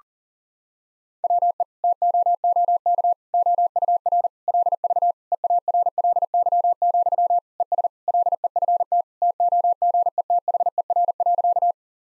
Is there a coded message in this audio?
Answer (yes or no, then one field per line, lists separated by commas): yes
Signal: Morse code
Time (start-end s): 1.2-11.7 s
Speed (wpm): 40 wpm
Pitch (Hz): 700 Hz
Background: none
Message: WE TOOK OUR LV EARLY, ES LEFT TOGETHER.